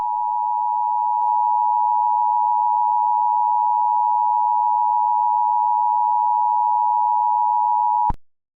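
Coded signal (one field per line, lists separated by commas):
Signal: Emergency Alert System (SAME) tones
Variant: 853 and 960 Hz attention tone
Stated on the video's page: Fictional EAS scenario using valid EAS tones.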